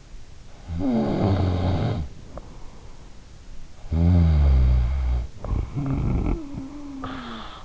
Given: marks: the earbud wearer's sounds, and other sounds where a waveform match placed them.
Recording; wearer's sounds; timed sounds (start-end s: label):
sounds in sleep by an in-ear microphone; snoring breath
0.22-2.74 s: snoring breath
3.48-7.65 s: snoring breath